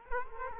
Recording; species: mosquito wingbeat signal from an infrared sensor; Culex quinquefasciatus